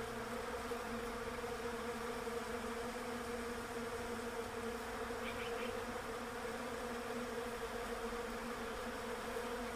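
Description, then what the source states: Bees giving a constant droning buzz that blends into one even hum; a brief faint chirp rises above it midway. Bees in a Russian olive tree.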